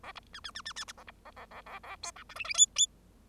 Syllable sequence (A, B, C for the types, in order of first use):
A B C C C C C C A B A A A A A D E F G G H H